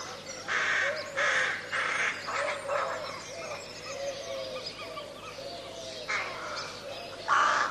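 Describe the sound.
Crows cawing in raspy bursts, with softer arched low notes and scattered chirps in between.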